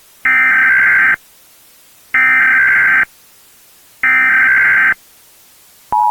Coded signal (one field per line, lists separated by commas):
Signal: Emergency Alert System (SAME) tones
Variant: header bursts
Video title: EAS Scenario | Lights Out